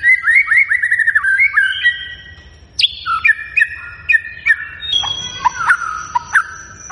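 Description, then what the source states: White-rumped shama song: a quick series of clear whistles, then sharp varied notes and chirps in bursts, with a thin steady high tone in the later part. Lure recording played to provoke a white-rumped shama into vigorous singing.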